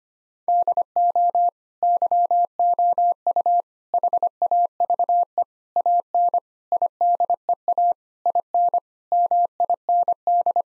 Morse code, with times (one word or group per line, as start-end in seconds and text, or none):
0.5-1.5 DO
1.8-3.6 YOU
3.9-5.4 HAVE
5.8-6.4 AN
6.7-7.9 IDEA
8.3-8.8 IN
9.1-10.6 MIND